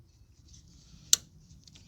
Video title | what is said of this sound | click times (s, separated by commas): 2011 Kia Forte 2.4 - EVAP Repairs - P0455 - Vapor Canister Filter Replacement | And make sure it clicks and goes all the way in. | 1.1 s